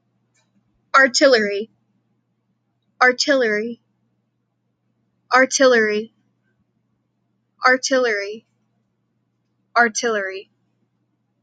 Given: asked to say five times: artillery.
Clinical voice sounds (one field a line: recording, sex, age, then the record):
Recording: repeated word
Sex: female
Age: 18 to 19 years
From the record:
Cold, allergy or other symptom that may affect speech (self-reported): no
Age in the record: 19 years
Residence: Texas, United States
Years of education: 13